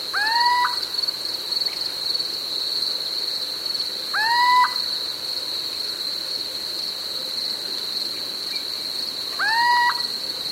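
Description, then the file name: Little owl calling three times, short rising mewing notes roughly every four to five seconds, with a continuous high-pitched whine behind. "Steinkauz J Prevost"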